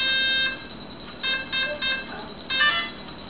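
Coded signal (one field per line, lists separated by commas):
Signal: beep code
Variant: Aeolean ESC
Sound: buzzy motor beeps: one long tone, three quick short beeps, another long tone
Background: small room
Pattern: 1 long, 3 short, 1 long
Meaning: Three beeps report three battery cells detected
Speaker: 32 33 beeps is that how many cells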